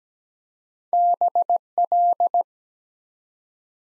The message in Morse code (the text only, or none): BL